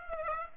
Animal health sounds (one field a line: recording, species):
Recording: mosquito wingbeat signal from an infrared sensor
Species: Aedes aegypti